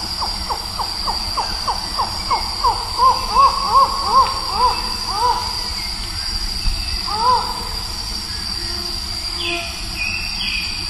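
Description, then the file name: Collared forest falcon calling in a series of short notes that become longer and arched, then a lone note, over a constant high hiss. Recorded at Cruce Caballero on 12 October 2014. "Micrastur-semitorquatus 2014-10-12 PP-Cruce-Caballero"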